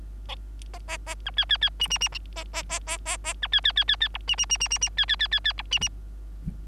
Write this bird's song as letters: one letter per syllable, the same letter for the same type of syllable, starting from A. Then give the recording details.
A A A B C C C D D D A A A A A A B C C C C C E D D D D D D C C C C C E D D. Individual Bird3